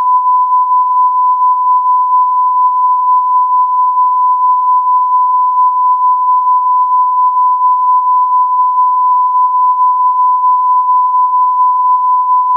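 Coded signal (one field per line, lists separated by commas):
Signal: radio time signal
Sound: one continuous steady beat tone around 1 kHz with slight fluttering loudness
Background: faint radio static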